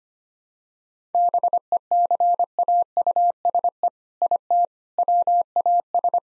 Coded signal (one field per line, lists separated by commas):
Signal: Morse code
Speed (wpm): 25 wpm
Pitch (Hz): 700 Hz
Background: none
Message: BECAUSE IT WAS